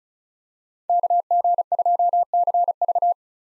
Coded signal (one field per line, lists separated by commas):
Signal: Morse code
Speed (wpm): 34 wpm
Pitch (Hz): 700 Hz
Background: none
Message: KG2CV